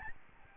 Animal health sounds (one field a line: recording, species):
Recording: mosquito wingbeat signal from an infrared sensor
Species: Aedes albopictus